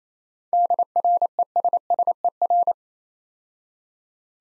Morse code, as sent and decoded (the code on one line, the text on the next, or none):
-.. .-. . ... ... . .-.
DRESSER